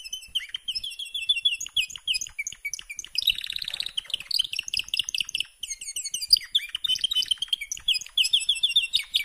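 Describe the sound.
Canary song of rapid repeated trills, a harsh buzzy rattle in the middle, then more bright chattering phrases.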